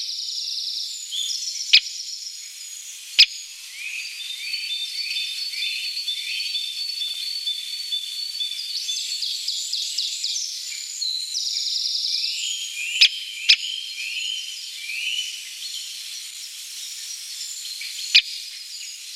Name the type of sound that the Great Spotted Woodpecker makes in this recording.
drumming